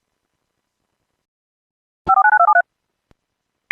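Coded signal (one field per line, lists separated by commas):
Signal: DTMF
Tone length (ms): 90 ms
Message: 549273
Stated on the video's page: EAS alerts, valid tones, from an internet station, including severe thunderstorm warnings, tornado watches, a monthly test and a special marine warning.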